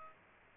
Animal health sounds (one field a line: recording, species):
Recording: mosquito wingbeat signal from an infrared sensor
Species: Aedes aegypti